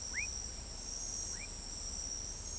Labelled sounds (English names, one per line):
none